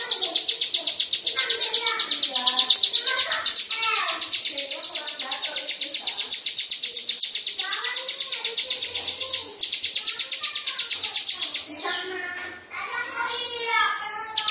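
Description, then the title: Lovebird song: a rapid high chatter that breaks off near twelve seconds into varied squeaky chirps, with lower bird notes throughout. Long 'ngekek' (ngekek panjang) song style. "Audio Lovebird Ngekek Panjang Ciblek"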